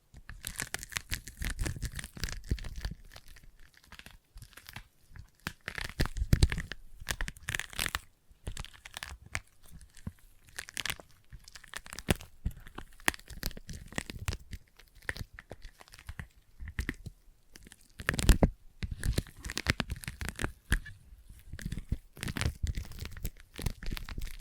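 Sticky tapping and tacky peeling sounds crackle in dense, irregular bursts throughout, like tape being pulled and pressed. Sharp clicks and crinkly tearing textures cluster in busy runs with brief quieter gaps, and louder, fuller pulls land around 6, 18 and 22 seconds.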